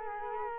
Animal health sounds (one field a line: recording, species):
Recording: mosquito wingbeat signal from an infrared sensor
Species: Culex quinquefasciatus